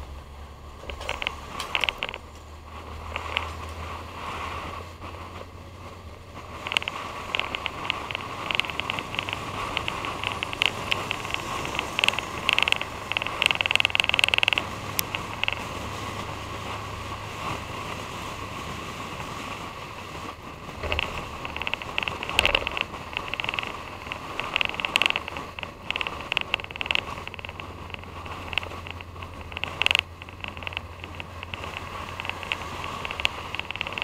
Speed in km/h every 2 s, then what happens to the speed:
47, 47, 58, 60, 61, 60, 63, 61, 60, 60, 58, 58, 55, 55, 55, 55, 56.
2-7 speeds up to 61. 24-34 steady at about 55.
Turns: none.